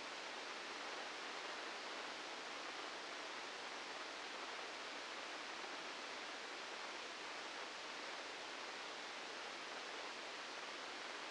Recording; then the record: brain microelectrode recording played as sound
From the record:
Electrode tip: outside the subthalamic nucleus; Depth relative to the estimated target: -3 mm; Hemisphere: left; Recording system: NeuroSet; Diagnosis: Parkinson's disease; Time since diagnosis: 9 years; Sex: male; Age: 61 years